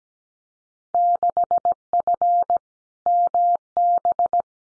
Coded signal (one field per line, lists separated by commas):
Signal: Morse code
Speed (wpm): 17 wpm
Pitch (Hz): 700 Hz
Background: none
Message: 6F MB